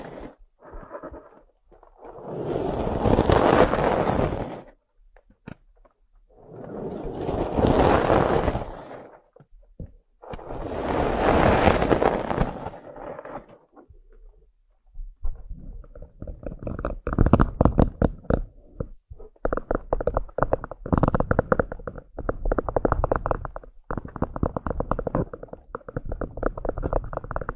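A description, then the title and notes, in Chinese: An ear massage: three long, muffled rubbing swells come in slow waves during the first half, each building and fading over a few seconds. After that the sound turns to dense, crackling scratches and taps in uneven bursts until the end. 按摩耳朵，一些让人放松的声音。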